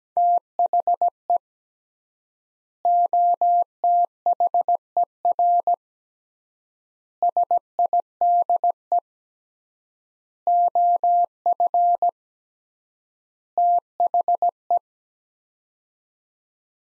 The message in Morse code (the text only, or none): THE OTHER SIDE OF THE